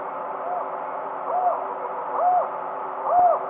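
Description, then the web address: Tropical screech owl hooting: short arched hoots, slightly rising then falling, spaced just under a second apart, with a fainter hoot early on and a steady low background hum. Duet; eastern lowlands of South America. "Natures Songs S America Eastern Lowlands Megascops choliba, duet"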